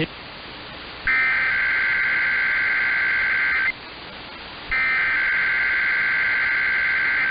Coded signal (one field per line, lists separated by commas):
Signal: Emergency Alert System (SAME) tones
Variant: header bursts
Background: speech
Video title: The Day That Nevada Tested Late (EAS #13371-13380) 9/28/23